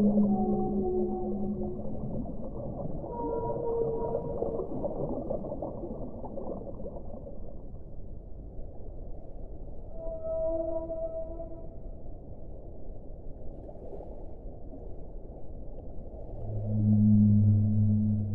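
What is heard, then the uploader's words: Whales sing in long, drawn-out tones over a low, constant rumble. Several calls overlap in the first seven seconds, a higher pair of tones sounds around ten to twelve seconds, and a louder, deep moaning call swells near the end. Singing of whales.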